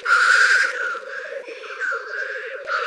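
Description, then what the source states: Black grouse giving a long hissing sneeze and a later shorter one, with a continuous low bubbling, cooing warble running beneath. Recorded in Slovenia.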